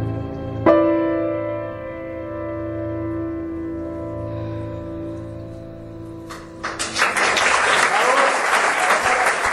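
A sustained instrumental chord rings out and slowly fades, then an audience breaks into loud, dense applause that fills the last few seconds.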